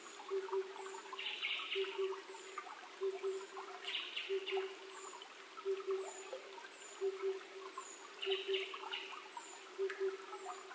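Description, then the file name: Oriental cuckoo calling a low, hollow po-po, doubled hoots repeated in a steady series, with high thin descending notes and bursts of another bird's song. 28 May 2010 at 19:08. "tutudori-20100528-1908"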